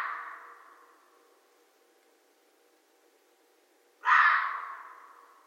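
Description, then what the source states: Red fox, with the fading end of one hoarse call at the start, then a fresh loud rasping call about four seconds later. Recorded on 13 January 2012.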